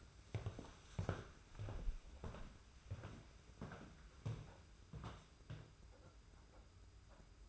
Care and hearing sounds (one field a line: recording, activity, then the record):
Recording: daily activity, microphone in the room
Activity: walk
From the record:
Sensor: 2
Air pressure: 991.5 hPa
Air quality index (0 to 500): 187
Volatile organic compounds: 1000 ppm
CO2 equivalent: 6114 ppm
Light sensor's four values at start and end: 23/73/29/28 and 29/90/35/33